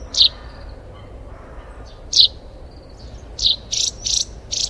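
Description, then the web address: Russet sparrow calling: two single sharp chirps well spaced apart, then a quick run of four chirps near the end. "山麻雀"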